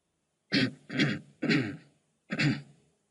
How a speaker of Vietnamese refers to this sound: Tiếng ho khan như có như không vang lên khắp công trung.